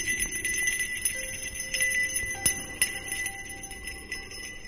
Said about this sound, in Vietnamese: Hắn có thể cảm giác được Hiragi cũng không có dễ giải quyết như vậy, bởi vì thần nhạc linh vẫn còn vang lên những tiếng leng ca leng keng ở bên này.